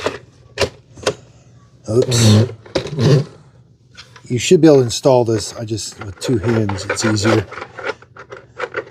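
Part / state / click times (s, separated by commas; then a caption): water tank/dustbin combo unit into robot vacuum body / not seated / none. A combined water tank and dustbin unit is handled with two hands as it is lined up to slide onto the back of a Roborock Q10 X5+ robot vacuum. Someone talks over short plastic knocks and taps, the sharpest near 1.1 s and a few softer ones near the end. Nothing has seated or clicked yet.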